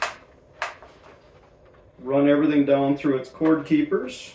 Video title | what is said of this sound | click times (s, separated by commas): MSA Cairns XR2 Technical Rescue Helmet Review | make sure everything is run through its channels they do lock into place just with a simple twisting motion | 0.0 s, 0.6 s